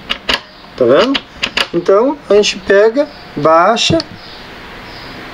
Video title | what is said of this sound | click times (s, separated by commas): como instalar a trava push lock? | olha só quando a gente apertar para travar tá | 0.1 s